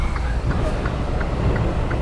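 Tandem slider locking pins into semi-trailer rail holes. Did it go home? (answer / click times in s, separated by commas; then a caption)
no / none. A semi truck is rocked back and forth so the trailer's tandem slider locking pins can drop into their holes in the steel rail. A steady low engine rumble runs throughout, with faint regular light ticks and brief knocks near 0.2, 1.2 and 1.9 seconds. Nothing has seated or clicked into place yet.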